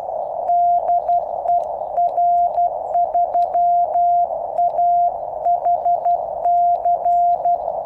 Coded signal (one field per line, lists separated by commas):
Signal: Morse code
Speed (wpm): 12 wpm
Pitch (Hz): 700 Hz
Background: none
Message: DE R3AHC